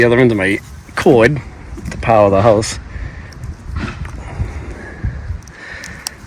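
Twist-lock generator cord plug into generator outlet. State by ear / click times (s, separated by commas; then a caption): seated / 6.1 s. Someone talks, then a generator power cord's twist-lock plug is pushed into the generator outlet and twisted until it locks. A few small handling sounds come before a sharp click at 6.1 s, and the plug is locked in place.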